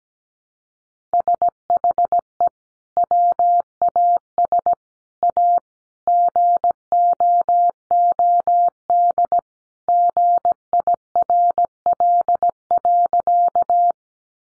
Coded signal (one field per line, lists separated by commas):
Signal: Morse code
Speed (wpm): 17 wpm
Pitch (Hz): 700 Hz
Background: none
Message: SHE WAS A GOOD GIRL.